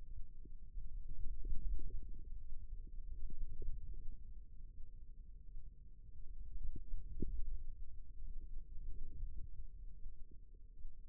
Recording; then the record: forearm muscle sounds (acoustic myography)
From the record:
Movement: radial deviation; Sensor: system 2, bracelet of six BSWA MPA416 microphones around the upper forearm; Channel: 3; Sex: female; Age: 25 years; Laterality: right